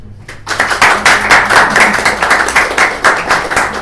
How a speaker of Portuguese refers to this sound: Eu gravo o áudio da gente aplaudindo ele.